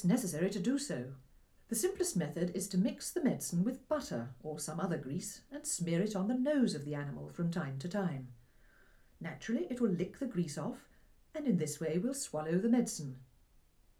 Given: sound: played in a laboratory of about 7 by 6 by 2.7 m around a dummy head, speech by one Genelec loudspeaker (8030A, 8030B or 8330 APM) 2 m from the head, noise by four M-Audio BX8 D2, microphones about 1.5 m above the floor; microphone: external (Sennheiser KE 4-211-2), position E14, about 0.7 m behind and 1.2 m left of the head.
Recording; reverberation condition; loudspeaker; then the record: female speech in English; low; 60 degrees to the left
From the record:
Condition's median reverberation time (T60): about 310 ms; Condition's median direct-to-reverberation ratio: about 3.5 dB